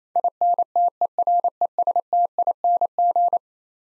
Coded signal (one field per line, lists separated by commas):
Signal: Morse code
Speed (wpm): 27 wpm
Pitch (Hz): 700 Hz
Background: none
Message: INTERESTING